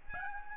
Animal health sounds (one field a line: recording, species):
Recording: mosquito wingbeat signal from an infrared sensor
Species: Aedes albopictus